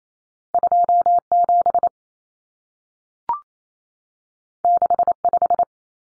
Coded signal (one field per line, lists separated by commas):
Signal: Morse code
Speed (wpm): 28 wpm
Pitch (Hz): 700 Hz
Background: none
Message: 27 65